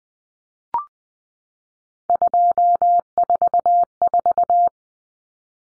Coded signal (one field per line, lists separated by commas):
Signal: Morse code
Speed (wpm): 20 wpm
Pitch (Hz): 700 Hz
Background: none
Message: 244